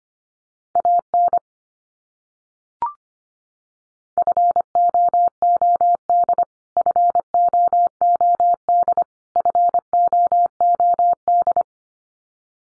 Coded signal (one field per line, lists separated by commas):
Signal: Morse code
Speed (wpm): 25 wpm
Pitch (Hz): 700 Hz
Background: none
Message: AN FOOD FOOD FOOD